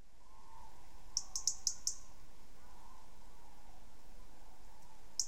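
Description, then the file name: European robin calls: a quick run of five thin, high ticking notes, then a single note near the end, over a faint steady hum. "Erithacus rubecula"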